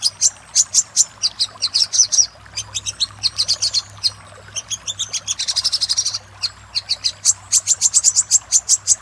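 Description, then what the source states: Little spiderhunter song with spaced, sharp high chips that speed into a brief buzzy trill, then return to separate, evenly spaced notes. Master recording for training cage birds; labelled labaik.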